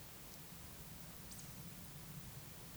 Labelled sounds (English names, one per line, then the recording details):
Eurasian Woodcock whistle
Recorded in Baden-Württemberg, Germany, on 11 June 2021 at 20:07 UTC
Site 24606, 635 m above sea level